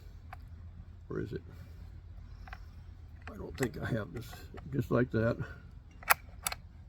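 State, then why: Not seated. Someone talks while trying to return and latch the underlever on a Hatsan Torpedo 100X .25 caliber air rifle. Short, sharp mechanical clicks come near 0.3 s, 2.5 s, 6.1 s and 6.5 s as the lever fights back. The underlever has not caught or latched yet.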